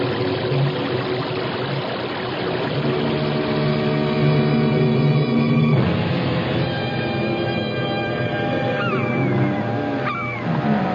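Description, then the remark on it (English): A whirlpool of rushing water roars loudly and steadily throughout, a dense churning wash of sound with sustained tones and a few sliding pitches rising over it near the end. “It sounds like a giant waterfall. There are no falls around here. It's a whirlpool.”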